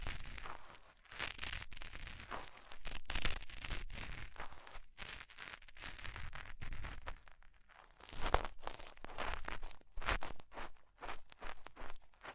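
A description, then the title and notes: Deep ear cleaning sounds: dense crinkling and rustling scratches that fill the whole 12 seconds, rising and falling without pause. Frequent short gaps of near silence break the scraping, and a sharper crunch stands out around eight seconds. ASMR Deep Ear Cleaning Session. (No Talking).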